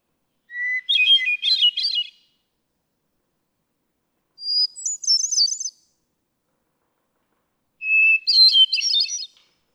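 Hermit thrush song in three phrases, each starting on a steady whistled note and tumbling into ethereal, quavering flutes; the middle phrase is pitched highest.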